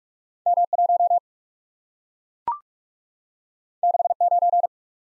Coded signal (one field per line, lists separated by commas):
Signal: Morse code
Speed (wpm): 44 wpm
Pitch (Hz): 700 Hz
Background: none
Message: M 1 6 9